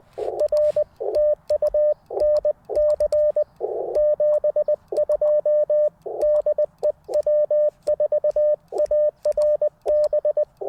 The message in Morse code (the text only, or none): R TU NC 72 DE W4ARB